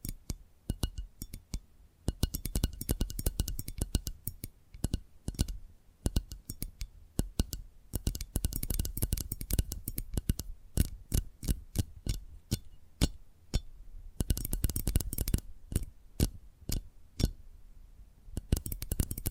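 Tapping triggers: quick, dense bursts of sharp taps and clicks, some crisp and bright, others with a duller knock. The taps come in uneven flurries with brief pauses, busiest around 2–4, 7–11 and 14–16 seconds, over a quiet background.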